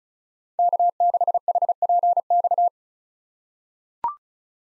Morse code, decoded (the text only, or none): K6HPX